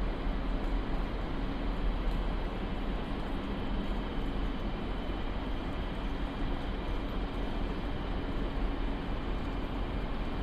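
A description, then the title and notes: A train on its way to Leipzig rumbles along in a steady, dense roar that holds level for the whole stretch. Low rumble dominates, with a faint hum and fine rattling texture, and no distinct bumps, announcements or changes stand out. Train to Leipzig. We hop on board a train heading to Leipzig.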